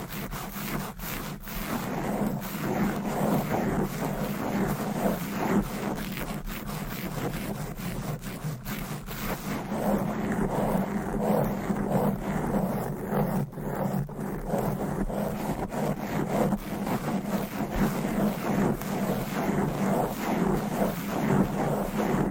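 Fast, aggressive scratching of microphone covers with nails, keeping up a dense, steady stream of rough rasping strokes for the full length. A low droning hum runs underneath throughout, and the scratching stays busy and even, with no pauses.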